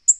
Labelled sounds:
Black-throated Green Warbler (Setophaga virens) flight call

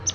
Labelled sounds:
Palm Warbler (Setophaga palmarum) flight call

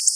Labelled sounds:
Black-throated Blue Warbler (Setophaga caerulescens) flight call

